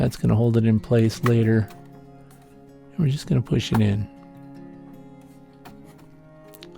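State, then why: Seated. Someone talks while an RTX 4060 Ti graphics card is pushed down into the PCIe slot on a Dell XPS 8930 motherboard, with music playing in the background. Two quick, quiet snaps come at about 6.6 s as the blue retention tab flips over, and the card is seated.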